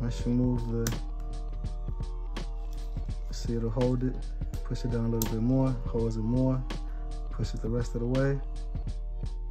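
During reassembly of a Ruger SR1911 Lightweight Commander pistol, the recoil spring plug is pushed down under the barrel bushing of the 1911-style slide. Someone talks over steady background music, with brief handling taps near 2.4 and 2.7 seconds. Nothing has clicked or locked into place yet.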